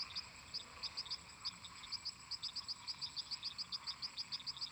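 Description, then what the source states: Frogs and toads: frogs calling with uneven bursts of sharp, high clicking notes, some doubled, over a soft continuous chorus of other frogs. Many toads and frogs calling together in a marsh.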